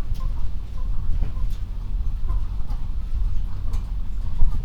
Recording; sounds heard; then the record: poultry house recording; healthy chickens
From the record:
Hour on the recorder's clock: 21